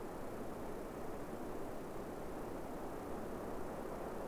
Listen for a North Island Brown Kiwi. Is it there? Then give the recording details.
no. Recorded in New Zealand on 5 November 2015. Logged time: 22:59. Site CQ72